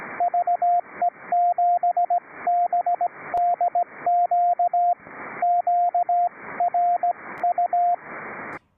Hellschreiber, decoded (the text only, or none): none